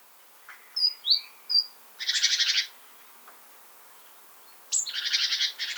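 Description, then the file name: Great tit calls: a few sharp high whistled notes, then two long rattling churrs with a rapid pulsed rhythm. "Parus major"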